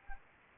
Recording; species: mosquito wingbeat signal from an infrared sensor; Anopheles arabiensis